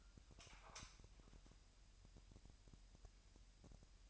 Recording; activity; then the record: daily activity, microphone in the room; light on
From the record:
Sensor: 2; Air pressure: 1001.8 hPa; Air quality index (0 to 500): 242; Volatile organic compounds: 32 ppm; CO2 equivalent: 3003 ppm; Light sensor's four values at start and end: 4/10/4/4 and 9/26/10/10